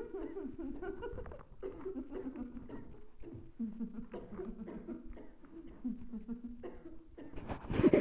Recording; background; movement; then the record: laughter; a bystander coughing; sitting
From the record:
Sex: female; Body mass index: 36.4 kg/m2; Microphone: on the chest, facing the body